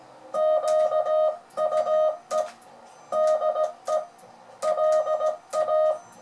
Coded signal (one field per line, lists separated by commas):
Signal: Morse code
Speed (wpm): 17 wpm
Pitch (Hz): 620 Hz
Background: music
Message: QUE DE LA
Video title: cours de morse pour débutants chaque mardi